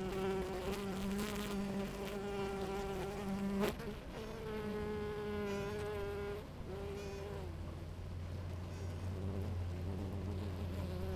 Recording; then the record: honeybee colony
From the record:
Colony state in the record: active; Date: 28 July 2017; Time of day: 16:31